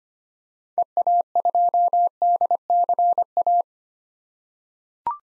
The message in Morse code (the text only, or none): EA2DCA